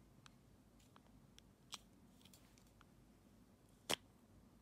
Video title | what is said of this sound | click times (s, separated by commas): XIAOMI SWDK KC101 PRO DUST MITES WIRELESS VACUUM REVIEW | hear it click, and it's open. | 3.9 s